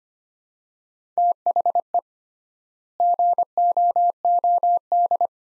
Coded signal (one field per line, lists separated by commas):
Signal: Morse code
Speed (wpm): 25 wpm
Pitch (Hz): 700 Hz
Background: none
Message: THE GOOD